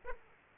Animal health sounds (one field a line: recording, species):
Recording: mosquito wingbeat signal from an infrared sensor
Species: Aedes aegypti